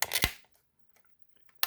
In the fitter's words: a piece here now this just snaps into the bottom